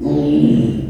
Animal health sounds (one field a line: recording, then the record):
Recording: squeal of a Yucatan mini pig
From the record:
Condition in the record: after surgery on the right vocal fold (resection and tissue-engineered implant)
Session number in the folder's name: 2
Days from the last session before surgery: 13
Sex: male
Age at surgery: 12 weeks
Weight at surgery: 13 kg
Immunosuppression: cyclosporine, prednisolone